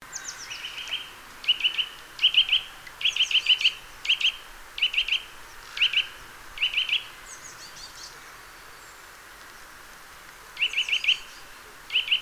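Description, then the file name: Eurasian nuthatch calling in short bursts of a few sharp, high notes, with pauses between bursts and a quiet spell before the final calls. "Sitta europaea"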